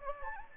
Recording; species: mosquito wingbeat signal from an infrared sensor; Anopheles gambiae